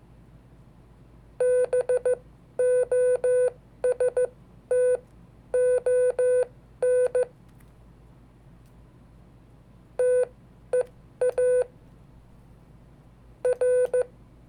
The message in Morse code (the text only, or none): BOSTON TEA R